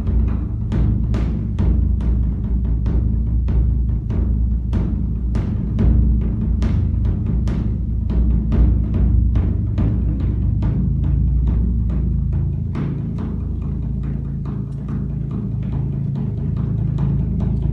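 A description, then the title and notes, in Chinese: A temple's evening drum is struck in a steady, fairly quick rhythm, each sharp hit ringing into a deep, continuous booming resonance. 藥山暮鼓。藥山寺每晚在就寢（養息）前都會叩暮鼓，而擊鼓人每次叩擊都會使得鼓聲順應自身的心境。目前在曹洞宗祖廳湖南藥山寺修行。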